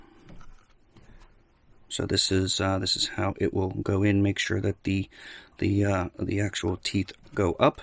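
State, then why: Not seated. A 128 GB SanDisk Extreme microSD card is handled and lined up at the card slot of a Hubsan Zino 2 drone, with faint handling taps near 0.3, 0.4 and 1.0 s. From about 2 s someone talks while the card is held in position before insertion. Nothing has seated or clicked yet.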